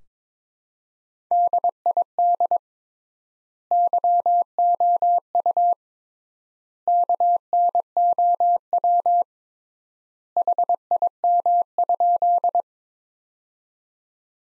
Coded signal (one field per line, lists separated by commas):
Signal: Morse code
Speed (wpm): 22 wpm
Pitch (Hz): 700 Hz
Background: none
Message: DID YOU KNOW HIM?